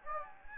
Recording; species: mosquito wingbeat signal from an infrared sensor; Anopheles gambiae